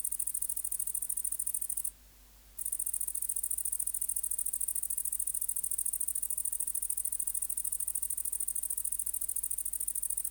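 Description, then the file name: Great green bush-cricket song, a high rattling buzz of rapid pulses, broken by one short pause of under a second before carrying on steadily. "Tettigonia viridissima"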